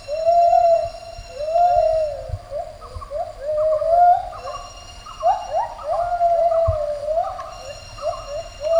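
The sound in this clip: Gibbon duet of hooting, swooping whistled notes, rising and falling in quick overlapping phrases, with faster, higher climbing notes in the second half.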